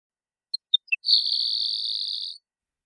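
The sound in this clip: Grasshopper sparrow song: three or four short high ticks, then a long thin, insect-like buzzy trill held steady for about 1.3 seconds before stopping; no other sounds.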